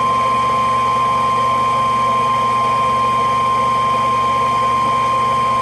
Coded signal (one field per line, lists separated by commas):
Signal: Emergency Alert System (SAME) tones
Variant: 1050 Hz attention tone